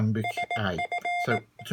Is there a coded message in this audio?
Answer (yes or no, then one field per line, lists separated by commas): yes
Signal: Morse code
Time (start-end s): 0.2-1.4 s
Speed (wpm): 18 wpm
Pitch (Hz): 700 Hz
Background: none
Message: SF